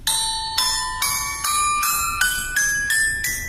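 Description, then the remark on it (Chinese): A jiuyinluo (nine-tone gong), an instrument made of ten small copper gongs, demonstrated in Zhihua Temple Beijing music: struck one after another, nine bright ringing tones stepping gradually upward in pitch, each strike shimmering and sustaining into the next, with no voices. “这件乐器是九音锣，九音锣呢是隋唐时候出现的，宋元时候非常流行。哎，它是由这个10面小铜锣来组成。”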